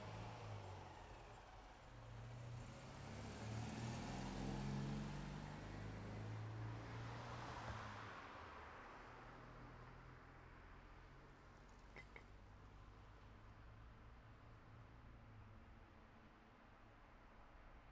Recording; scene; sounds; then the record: everyday scene through a hearing-aid microphone; in traffic; traffic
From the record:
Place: city secondary road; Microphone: behind the ear, left, rear